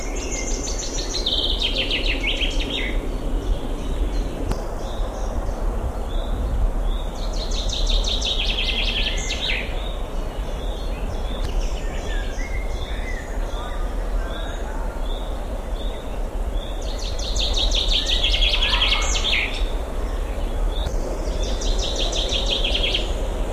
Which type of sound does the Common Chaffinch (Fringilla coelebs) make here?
song